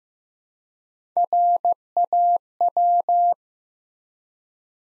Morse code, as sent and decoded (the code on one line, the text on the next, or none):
.-. .- .--
RAW